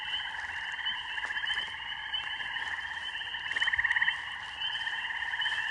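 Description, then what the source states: Spring peepers in a thick frog chorus: shrill brief peeps recurring over a steady bed of lower buzzing, trilled calls from other frogs. Mating song of spring peepers with other frogs in a rural beaver pond, recorded in the evening on an iPhone.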